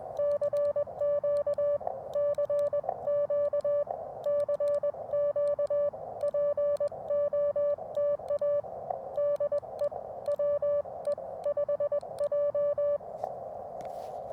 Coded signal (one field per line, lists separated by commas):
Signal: Morse code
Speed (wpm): 21 wpm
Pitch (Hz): 580 Hz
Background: music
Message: CQ CQ CQ POTA DE WE5J